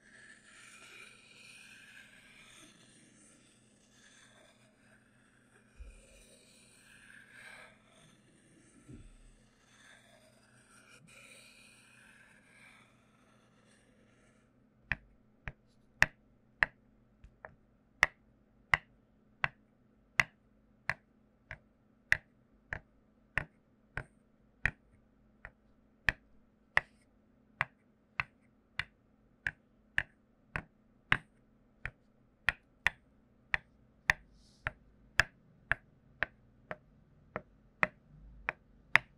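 Wooden tool triggers begin as soft rustling with a couple of low thumps, then from mid-clip become sharp, regular wooden clicks roughly twice per second.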